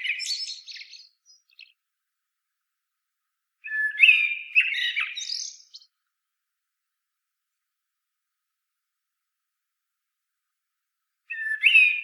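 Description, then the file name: Common blackbird song, a phrase tail at the start, a full warbled phrase with high squeaky ending midway, and a new phrase starting at the close; long quiet gaps. "Turdus merula"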